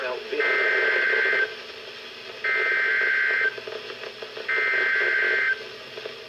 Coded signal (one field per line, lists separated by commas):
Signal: Emergency Alert System (SAME) tones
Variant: header bursts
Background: speech